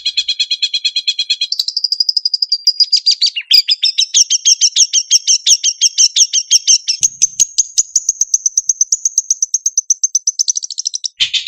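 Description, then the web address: Long-tailed shrike song, a varied run of fast chattering notes that settles into a high, even stream of repeated chips, with abrupt shifts between phrases. Training song with varied fill-in phrases (isian variasi). "cendet variasi isian. masteran cendet"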